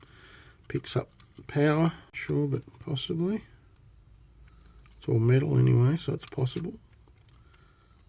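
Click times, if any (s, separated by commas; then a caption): none. Someone talks while handling the metal pantograph on the roof of an HO scale model locomotive, with a few faint, short ticks in the quieter moments between the speech. The pantograph is not yet pressed down, and nothing has latched or clicked into place yet.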